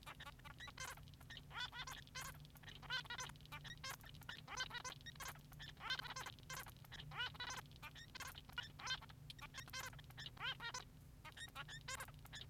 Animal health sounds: song of a male Bengalese finch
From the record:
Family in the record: son of father 3

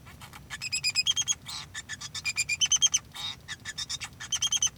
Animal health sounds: song of a male Bengalese finch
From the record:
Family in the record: son of father 2

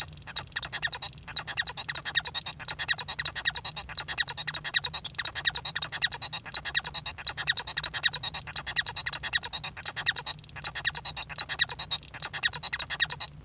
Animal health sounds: song of a male Bengalese finch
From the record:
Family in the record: son of father 1

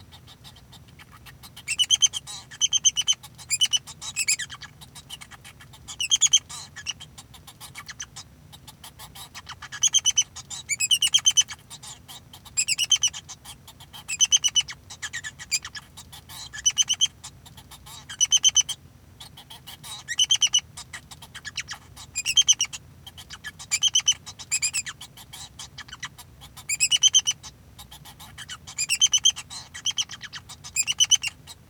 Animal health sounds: song of a male Bengalese finch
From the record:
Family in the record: son of father 2

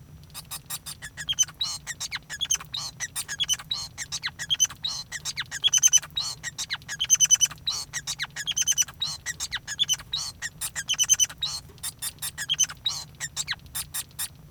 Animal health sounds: song of a male Bengalese finch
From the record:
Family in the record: son of father 5

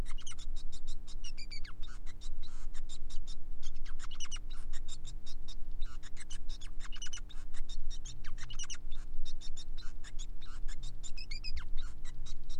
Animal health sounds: song of a male Bengalese finch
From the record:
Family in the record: son of father 5

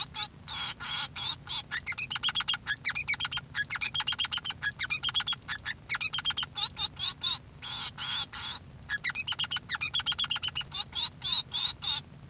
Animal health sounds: song of a male Bengalese finch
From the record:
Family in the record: son of father 3

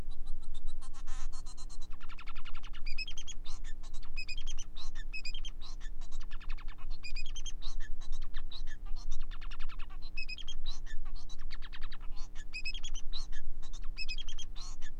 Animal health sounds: song of a male Bengalese finch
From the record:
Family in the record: son of father 4

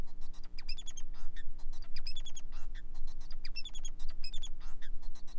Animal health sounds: song of a male Bengalese finch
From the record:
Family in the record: son of father 4

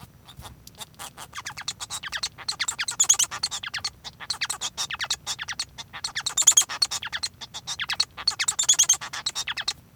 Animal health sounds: song of a male Bengalese finch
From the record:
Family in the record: son of father 1

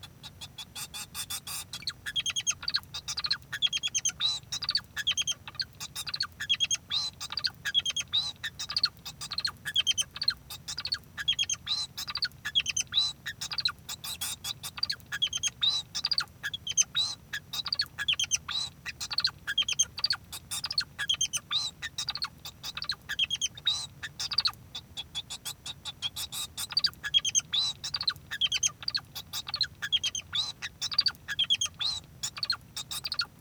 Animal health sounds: song of a male Bengalese finch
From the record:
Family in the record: son of father 2

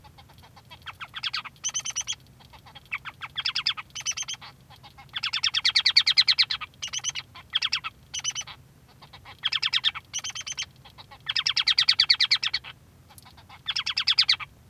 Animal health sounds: song of a male Bengalese finch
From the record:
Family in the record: son of father 3

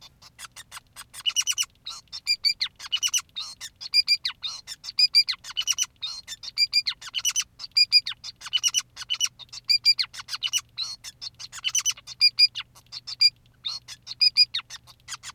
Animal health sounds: song of a male Bengalese finch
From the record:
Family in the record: son of father 2, and himself father 5

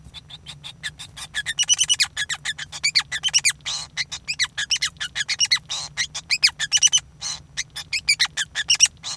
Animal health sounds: song of a male Bengalese finch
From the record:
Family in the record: son of father 5

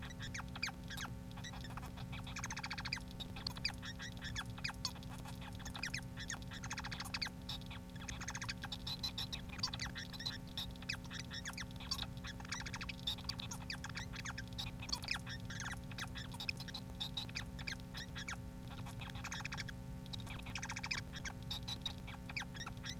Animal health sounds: song of a male Bengalese finch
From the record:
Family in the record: son of father 4

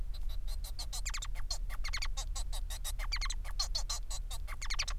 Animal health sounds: song of a male Bengalese finch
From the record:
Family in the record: son of father 4

